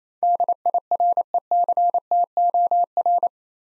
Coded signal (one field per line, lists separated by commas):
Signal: Morse code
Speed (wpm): 28 wpm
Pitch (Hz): 700 Hz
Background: none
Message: DIRECTOR